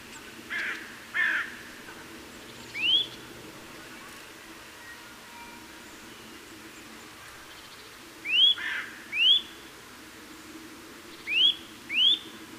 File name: Sitta europaea